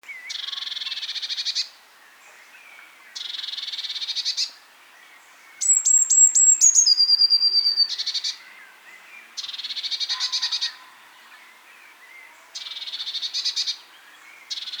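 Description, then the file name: Eurasian blue tit churr calls in repeated rattling bursts, broken midway by a few thin, high, falling whistled notes. "Cyanistes caeruleus"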